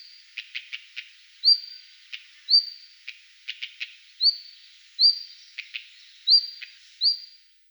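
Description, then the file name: Red-flanked bluetail calling: several short high whistled notes, alternating with sharp ticking clicks. "sinehvostka golos"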